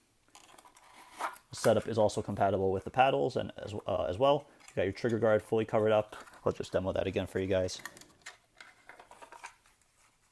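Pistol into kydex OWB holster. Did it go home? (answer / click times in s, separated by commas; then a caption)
yes / 9.4 s. Someone talks while an unloaded pistol is reholstered into a Bravo Concealment 3.0 kydex OWB holster to show its retention. After the talking, a series of short handling clacks starts at about 8.3 s as the pistol slides in, and it snaps into place with a click at 9.5 s, seated in the holster.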